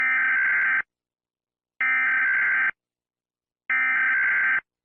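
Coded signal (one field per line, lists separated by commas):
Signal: Emergency Alert System (SAME) tones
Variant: header bursts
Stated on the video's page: Simulated tornado EAS scenario.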